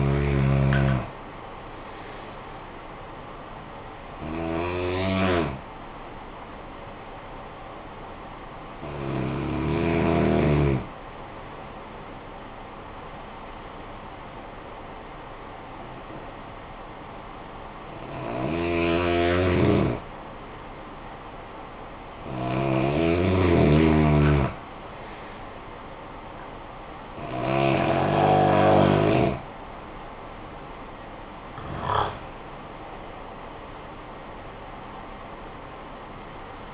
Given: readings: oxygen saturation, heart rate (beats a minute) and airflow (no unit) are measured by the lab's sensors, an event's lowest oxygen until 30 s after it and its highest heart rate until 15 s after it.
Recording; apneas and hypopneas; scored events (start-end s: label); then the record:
breathing in sleep by a voice recorder at the bedside; 1
7.00-36.74 s: new sleep stage, N2 (light sleep)
13.00-31.30 s: hypopnea (N2, oxygen 94% highest, then 92% lowest, heart rate 52 at the start, 67 highest)
From the record:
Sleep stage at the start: N1 (lightest sleep); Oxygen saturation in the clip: 88 to 94%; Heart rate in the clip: 49 to 67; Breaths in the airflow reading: 8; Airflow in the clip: -11.3 to 9.7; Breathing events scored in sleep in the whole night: 445 in 7.6 hours asleep